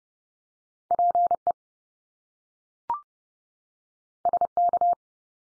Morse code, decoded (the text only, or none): PE SK